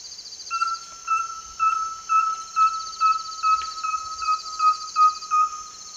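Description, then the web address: Rusty-belted tapaculo singing a long series of even, hollow notes, over a constant high insect buzz. Eastern lowlands of South America. "Natures Songs S America Eastern Lowlands. Liosceles thoracicus, song"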